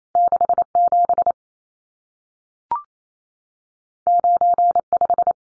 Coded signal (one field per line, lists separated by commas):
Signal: Morse code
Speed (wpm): 28 wpm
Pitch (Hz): 700 Hz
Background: none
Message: 67 95